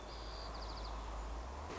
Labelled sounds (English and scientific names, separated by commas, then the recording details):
White-crowned Sparrow (Zonotrichia leucophrys)
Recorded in Sonoma County, California